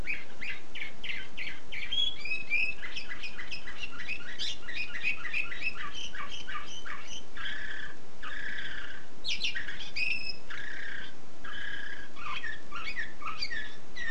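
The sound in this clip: Canary singing continuously: rapid repeated chirps, rolling trills and a few harsher buzzy phrases running throughout.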